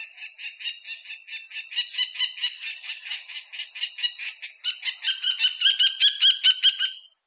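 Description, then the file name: Common kestrel giving a rapid series of shrill, harmonic-rich calls, about two or three notes per second, growing louder and sharper toward the end. No other sounds are clear. "chougenbou"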